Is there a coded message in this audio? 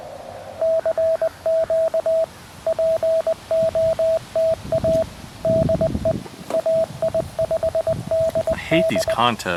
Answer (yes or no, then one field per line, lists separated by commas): yes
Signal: Morse code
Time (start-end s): 0.6-9.1 s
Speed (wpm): 20 wpm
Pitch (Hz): 650 Hz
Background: speech, radio noise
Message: CQ POTA DE AI5DD